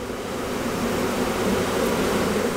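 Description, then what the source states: Bees buzzing, a dense continuous hum, steady throughout. Bees in hives on a truck after three days of driving, unable to fly, at an almond orchard in Firebaugh, California, as the screens are about to be pulled.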